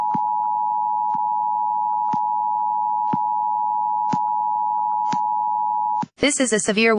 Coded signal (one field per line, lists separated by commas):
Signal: Emergency Alert System (SAME) tones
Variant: 853 and 960 Hz attention tone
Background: speech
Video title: EAS Scenario. (City Destroyer)